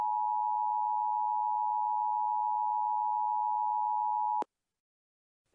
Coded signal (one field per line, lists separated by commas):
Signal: Emergency Alert System (SAME) tones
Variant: 853 and 960 Hz attention tone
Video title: EAS Mock: March 2020 Hawaii Tornado Warnings